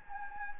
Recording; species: mosquito wingbeat signal from an infrared sensor; Anopheles gambiae